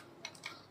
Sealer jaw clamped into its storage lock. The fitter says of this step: Close பண்ணிட்டு lock ஆகிடும், இந்த வரும், சீல் ஆகாது.